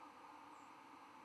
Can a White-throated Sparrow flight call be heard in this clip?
yes